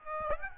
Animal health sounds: mosquito wingbeat signal from an infrared sensor; Aedes aegypti

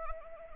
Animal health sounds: mosquito wingbeat signal from an infrared sensor; Anopheles arabiensis

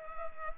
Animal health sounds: mosquito wingbeat signal from an infrared sensor; Culex pipiens

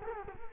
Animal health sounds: mosquito wingbeat signal from an infrared sensor; Culex quinquefasciatus

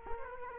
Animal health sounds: mosquito wingbeat signal from an infrared sensor; Culex quinquefasciatus

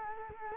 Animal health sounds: mosquito wingbeat signal from an infrared sensor; Culex quinquefasciatus

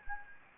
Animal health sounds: mosquito wingbeat signal from an infrared sensor; Anopheles gambiae

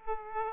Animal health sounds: mosquito wingbeat signal from an infrared sensor; Aedes aegypti

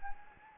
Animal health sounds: mosquito wingbeat signal from an infrared sensor; Anopheles gambiae

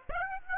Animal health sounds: mosquito wingbeat signal from an infrared sensor; Aedes aegypti

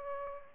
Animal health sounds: mosquito wingbeat signal from an infrared sensor; Aedes albopictus

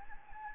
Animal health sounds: mosquito wingbeat signal from an infrared sensor; Anopheles gambiae

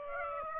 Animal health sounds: mosquito wingbeat signal from an infrared sensor; Aedes aegypti

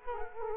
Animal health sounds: mosquito wingbeat signal from an infrared sensor; Culex quinquefasciatus

